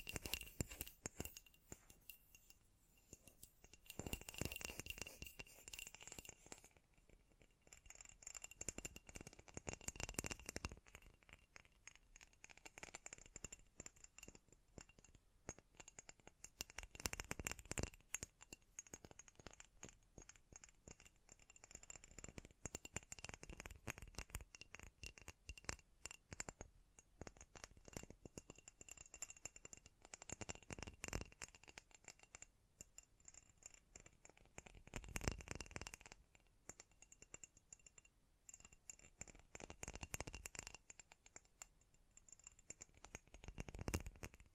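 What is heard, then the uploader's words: ASMR tapping runs throughout: a dense, fast patter of light, crisp taps with a rattling, clicky edge, close to continuous. Louder bursts of quicker tapping break through every few seconds, around 4, 10, 17, 30, 35 and 44 seconds, and a faint steady high tone sits underneath. ASMR Great Tapping Sounds for Sleep (No Talking).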